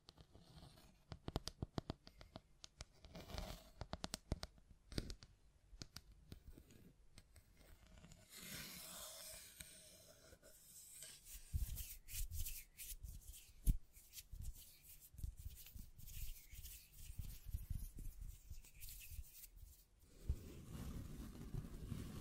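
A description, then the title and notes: Hand sounds of tapping, scratching and mic brushing. Sharp, irregular taps fill the first eight seconds, then a soft, bright brushing swell arrives, followed by dense, quick scratching with scattered hits. Near the end a low, rumbling rub takes over. ASMR Blue Yeti Mic Test Tapping, Scratching, Mic Brushing, Hand Sounds etc (No Talking).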